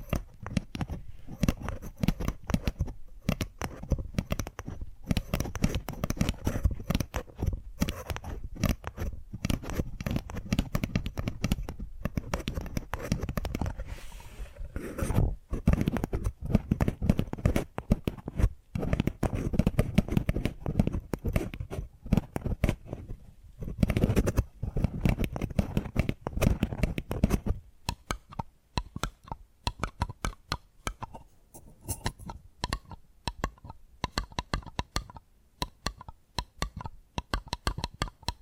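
Rapid tapping triggers come in dense, uneven bursts of sharp taps with a low, thumpy body and a faint scratchy, crunchy edge. The tapping stays busy and fairly loud for most of the first 27 seconds, then thins into sparser, quieter taps separated by short pauses.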